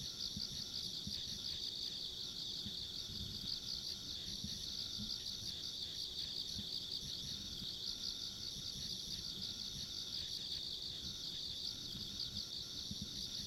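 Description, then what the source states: Insects calling in a steady chorus: shrill, fast-pulsed trills without pause, a faint higher whine on top, and low rumbling noise throughout. Ambient insect sounds recorded along a country road.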